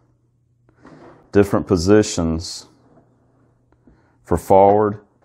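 Someone talks while handling the recline on a 2020 Nuna Rava convertible car seat, holding the recline button and moving the seat base through its recline positions, with faint short knocks near 0.7, 0.9 and 3.7 seconds. The steel recline mechanism has not locked into position yet; nothing has seated or clicked.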